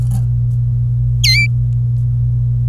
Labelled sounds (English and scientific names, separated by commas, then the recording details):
Domestic Canary (Serinus canaria) song
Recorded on 26 April 2018 at 11:24
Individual llb3